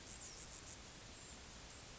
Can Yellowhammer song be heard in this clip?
no